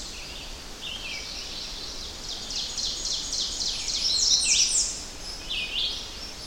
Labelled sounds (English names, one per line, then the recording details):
Ovenbird song
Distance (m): 60 m
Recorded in boreal forest in Alberta, Canada, on 10 June 2016 at 05:57
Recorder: SongMeter 3, array SBT-3-39
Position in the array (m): 208 m, 163 m
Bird 17